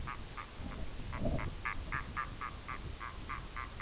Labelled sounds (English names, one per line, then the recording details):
Red-throated Loon
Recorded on Arctic tundra, site IGLO-B, on 19 June 2018
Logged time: 23:59